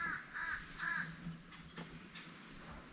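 A plastic drip irrigation fitting is being pushed onto the tubing for a hanging basket, with a crow cawing three times in the first second. Faint handling sounds follow, but the fitting has not seated or clicked into place yet.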